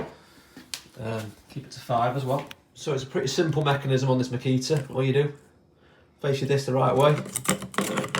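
A fully charged slide-in battery pack is popped into the side of a Makita cordless angle grinder used for sharpening a lawn mower blade, seating with a single sharp click at 0.7 s. Someone talks through most of the clip.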